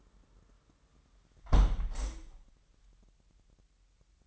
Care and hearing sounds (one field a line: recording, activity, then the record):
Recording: daily activity, microphone in the room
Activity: close window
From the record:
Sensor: 3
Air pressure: 998.6 hPa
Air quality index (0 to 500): 135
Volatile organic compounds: 4 ppm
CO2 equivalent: 1616 ppm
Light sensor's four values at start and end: 8/20/8/9 and 8/20/8/8